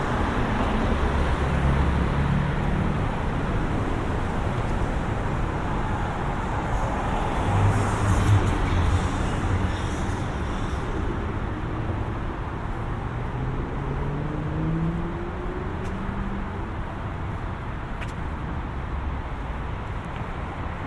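A walk home from the mall through suburban streets, with a steady, dense roar of road traffic filling the whole stretch. Low engine rumble rises and shifts as vehicles pass, and a few brief ticks and clicks cut through around the middle and near the end.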